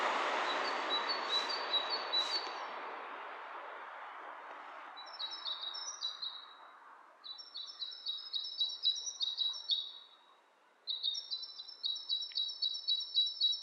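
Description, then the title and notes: Bird calls: rapid high chirps under strong hissing noise that fades, then clearer stuttering chirp bursts in the second half. Two birds interacting, lo-fi recording. "bird dialogs. lo-fi recording of two birds interacting"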